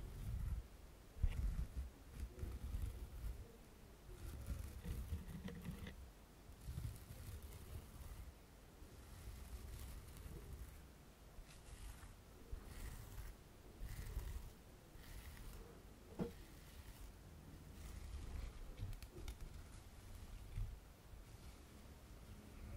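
Tapping and scratching on glass, a sponge and a purse, with irregular soft taps and rubbing strokes throughout. A low, rumbling handling noise runs underneath, swelling in uneven bursts, and one sharper tap stands out around sixteen seconds.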